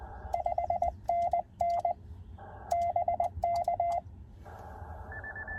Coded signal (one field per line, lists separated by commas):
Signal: Morse code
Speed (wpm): 20 wpm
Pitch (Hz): 690 Hz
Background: none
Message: 5NN BK